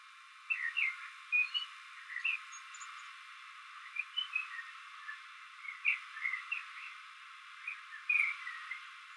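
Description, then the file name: Common blackbird giving a series of short phrases of clear notes over a steady faint hiss. "Turdus merula - Common Blackbird"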